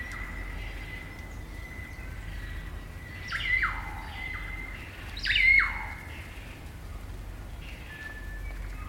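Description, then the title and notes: Kaka song: sustained level whistles broken by two downward-sliding squawks, with quieter calls toward the end. Kakas, a large parrot species, singing an eerie dusk chorus in late spring at Karori Sanctuary near Wellington, New Zealand. "It's late spring at the Karori Sanctuary near Wellington, New Zealand and the kakas – a large species of parrot – are singing their eerie dusk chorus. BBC Countryfile Magazine's Sound Escapes Recorded by Margaret Bartlett."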